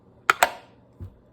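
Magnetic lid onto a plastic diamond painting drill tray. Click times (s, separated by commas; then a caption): 0.3 s, 0.4 s. A plastic lid is pressed onto a plastic diamond painting drill tray and held by strong magnets. Two sharp clicks are heard at 0.3 and 0.43 seconds, followed by a soft low thump near 1.0 second. The magnetic lid clicks into place and holds firmly.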